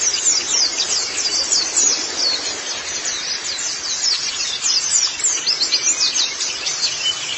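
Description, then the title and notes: White-eye twittering: thin, very high chattering notes in an unbroken stream over soft background hiss. "Kicauan Burung Pleci Durasi Panjang. Suara kicauan burung pleci"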